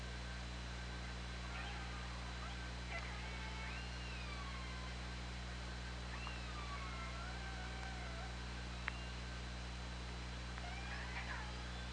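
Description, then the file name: Killer whale calls, scattered wavering and rising tones with harmonics, over a steady low hum and hiss. Picked up by an OrcaLab hydrophone on 24 August 2017, around 20:17. "Orca Lab UTLN JASON 20170824 201729"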